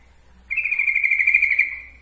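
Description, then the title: Yellow-vented bulbul giving one long, even-pitched bubbling phrase of rapid pulses that gradually fades toward its end. Song used as training material for other birds. "Masteran Ampuh Suara Trucukan"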